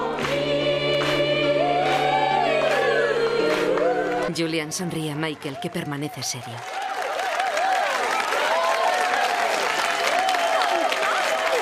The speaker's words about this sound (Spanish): Todos los clientes del restaurante cantan y tocan las palmas.